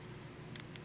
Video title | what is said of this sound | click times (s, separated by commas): Zest LODI Mandibular Guided Surgery Demonstration / Technique | the actual LOCATOR and you can see here that it will snap into place very nicely | 0.6 s, 0.8 s